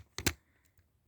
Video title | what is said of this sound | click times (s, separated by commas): my first review @emgo316 | Yeah, I think that was clicking into place. | 0.2 s